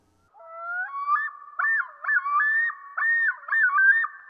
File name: dan-gibsons-solitudes common-loon